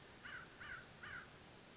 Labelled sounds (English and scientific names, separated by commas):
American Crow (Corvus brachyrhynchos)